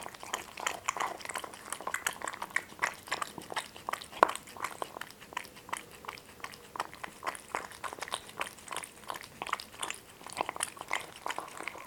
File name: Boris and Ivo two Cats are eating